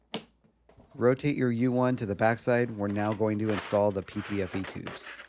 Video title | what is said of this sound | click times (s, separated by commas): Snapmaker U1 Review: Unboxing, Setup & First Prints | You'll hear it click. Now repeat that same step for the right side, electrical plug, then snap it in place. | 0.1 s